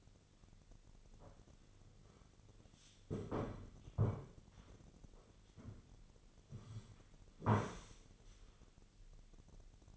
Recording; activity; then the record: daily activity, microphone in the room; sit down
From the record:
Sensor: 4